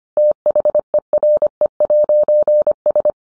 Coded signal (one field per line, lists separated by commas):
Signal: Morse code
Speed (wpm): 25 wpm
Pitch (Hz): 600 Hz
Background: none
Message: THERE'S